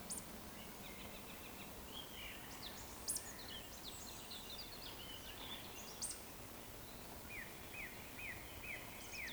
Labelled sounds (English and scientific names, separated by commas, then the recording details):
Eurasian Woodcock (Scolopax rusticola) whistle
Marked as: whistle, whistle, whistle, whistle
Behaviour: display flight
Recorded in Baden-Württemberg, Germany, on 11 June 2020 at 19:59 UTC
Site 14569, 102 m above sea level